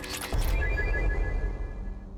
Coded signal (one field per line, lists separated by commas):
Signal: none